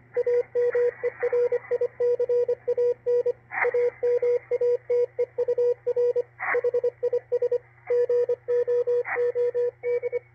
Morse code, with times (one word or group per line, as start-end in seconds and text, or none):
0.2-3.3 AMERICAN
3.6-6.2 AMATEUR
6.5-7.6 HIS
7.9-10.2 GOOD